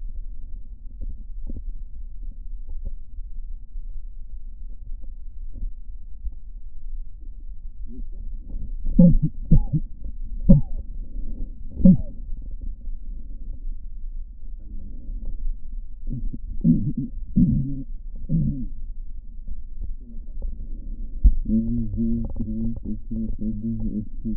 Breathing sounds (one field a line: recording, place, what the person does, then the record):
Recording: lung sounds by stethoscope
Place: right posterior apical chest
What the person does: quiet breathing, then cough and speech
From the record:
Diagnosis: none (healthy)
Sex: male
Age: 35 years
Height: 186 cm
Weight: 108 kg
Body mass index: 31.2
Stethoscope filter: diaphragm mode